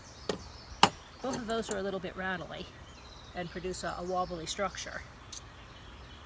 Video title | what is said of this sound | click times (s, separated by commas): How to Make Period Furniture that Packs Flat | buttons on a plate and snaps into place | 0.8 s